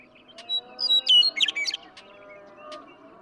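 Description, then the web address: Western meadowlark song: flute-like whistles running into a quick jumbled gurgle, with faint low hum and scattered clicks behind. "birdsongforthecurious songs Western Meadowlark"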